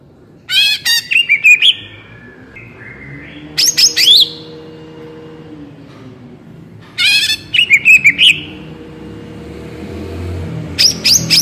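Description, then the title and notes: Greater green leafbird song, four loud bursts of rapid chips and bright whistled notes spaced a few seconds apart, over a low hum. Actively singing (gacor) bird with rattling (ngentrok) song and raised crest (jambul nembak), described as melodious; suited as masteran to train captive leafbirds to sing. "Cucak Ijo Gacor Ngentrok Jambul Nembak. suara burung cucak ijo gacor, merdu cocok buat masteran burung cucak ijo"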